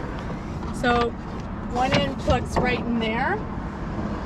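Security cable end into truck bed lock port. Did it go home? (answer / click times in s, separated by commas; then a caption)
no / none. One end of the built-in security cable on a 2022 Rivian R1T electric truck is being handled toward its lock port in the truck bed while someone talks over a steady low background rumble. Nothing has seated or clicked yet by the end of the clip.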